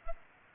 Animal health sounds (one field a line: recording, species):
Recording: mosquito wingbeat signal from an infrared sensor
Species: Culex pipiens